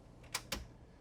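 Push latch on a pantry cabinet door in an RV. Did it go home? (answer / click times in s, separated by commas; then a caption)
yes / 0.4 s, 0.5 s. The self-locking push latch on the pantry cabinet door of a 2022 Newmar Ventana 4369 RV catches as the door is pushed closed, with two sharp clicks at 0.4 s and 0.5 s over a quiet background. The latch engages and the door stays shut when pulled.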